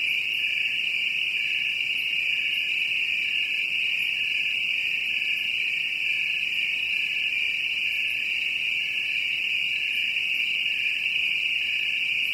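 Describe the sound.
Cricket gives a continuous piercing trill, even in loudness, with quieter rhythmic pulses recurring.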